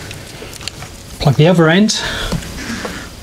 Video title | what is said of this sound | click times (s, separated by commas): Starter Studio Instructional Video 2 | male connector on the microphone so we plug the female xli in it clicks | 0.7 s